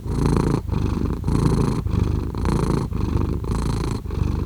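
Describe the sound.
Cat purring, a deep rumbling purr pulsing in and out with each breath.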